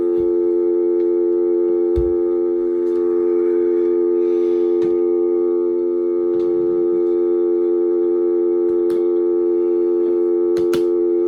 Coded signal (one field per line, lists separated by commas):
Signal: telephone call progress tone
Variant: North America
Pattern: dial tone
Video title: Telephone is not in service part 001